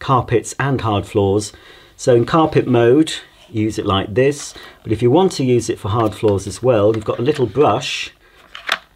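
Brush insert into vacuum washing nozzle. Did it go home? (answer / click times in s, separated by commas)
yes / 8.7 s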